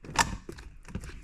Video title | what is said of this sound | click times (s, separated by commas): My C6 ZR1 Gets a MASSIVE interior mod!! | And you should hear a click. | 0.2 s